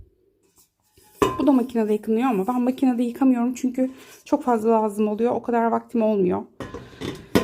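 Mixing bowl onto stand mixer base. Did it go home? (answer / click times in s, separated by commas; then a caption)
yes / 7.3 s. Someone talks while the metal mixing bowl of a Bosch MUM Serie 6 stand mixer is set onto the mixer base and locked. A single sharp click at 7.4 s marks the bowl seating in place.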